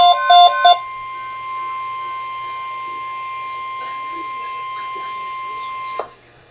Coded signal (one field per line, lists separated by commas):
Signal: Emergency Alert System (SAME) tones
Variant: 1050 Hz attention tone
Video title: Flash Flood Watch - EAS #392